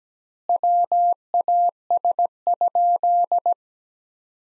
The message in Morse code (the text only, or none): WAS?